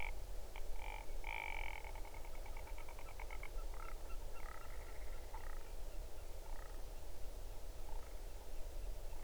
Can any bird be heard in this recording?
yes